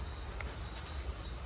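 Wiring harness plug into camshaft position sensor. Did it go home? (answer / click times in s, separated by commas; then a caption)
no / none. A wiring harness plug is handled at a new camshaft position sensor fitted to the engine of a Chrysler PT Cruiser, replaced because of fault code P0340. Over a steady low background rumble there is a brief sharp tick at about 0.4 s. The plug has not seated or clicked in yet.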